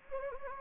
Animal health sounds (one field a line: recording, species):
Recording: mosquito wingbeat signal from an infrared sensor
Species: Anopheles gambiae